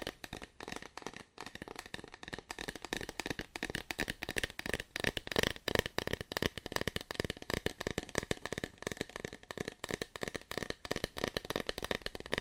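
Fast, aggressive tapping and scratching on cardboard, a dense stream of sharp, crackly hits with almost no gaps. The taps come in quick bursts that swell and ease slightly throughout, bright and papery in tone, with a faint steady hum underneath.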